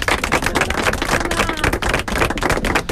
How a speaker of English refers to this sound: Anzi, l'applaudiamo.